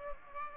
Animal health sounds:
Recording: mosquito wingbeat signal from an infrared sensor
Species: Aedes aegypti

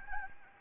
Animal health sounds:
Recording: mosquito wingbeat signal from an infrared sensor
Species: Anopheles gambiae

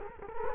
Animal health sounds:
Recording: mosquito wingbeat signal from an infrared sensor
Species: Culex quinquefasciatus

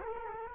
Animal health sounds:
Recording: mosquito wingbeat signal from an infrared sensor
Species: Culex quinquefasciatus

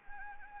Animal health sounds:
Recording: mosquito wingbeat signal from an infrared sensor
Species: Anopheles arabiensis

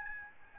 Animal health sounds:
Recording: mosquito wingbeat signal from an infrared sensor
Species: Aedes albopictus

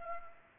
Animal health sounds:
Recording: mosquito wingbeat signal from an infrared sensor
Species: Culex pipiens

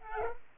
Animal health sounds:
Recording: mosquito wingbeat signal from an infrared sensor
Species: Culex pipiens

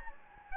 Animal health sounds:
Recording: mosquito wingbeat signal from an infrared sensor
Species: Anopheles gambiae

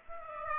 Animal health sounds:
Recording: mosquito wingbeat signal from an infrared sensor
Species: Aedes aegypti

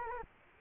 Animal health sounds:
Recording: mosquito wingbeat signal from an infrared sensor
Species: Culex quinquefasciatus

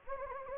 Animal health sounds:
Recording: mosquito wingbeat signal from an infrared sensor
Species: Anopheles gambiae

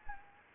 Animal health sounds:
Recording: mosquito wingbeat signal from an infrared sensor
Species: Anopheles gambiae

